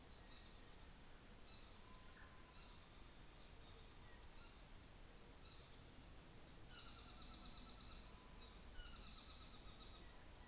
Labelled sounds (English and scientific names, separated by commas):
New Zealand Fantail (Rhipidura fuliginosa), North Island Saddleback (Philesturnus rufusater)